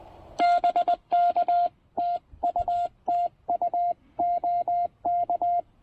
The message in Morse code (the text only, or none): BK TU TU OK